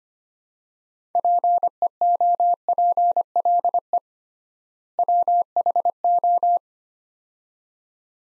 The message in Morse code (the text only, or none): PEOPLE WHO